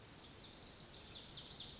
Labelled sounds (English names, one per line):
Lazuli Bunting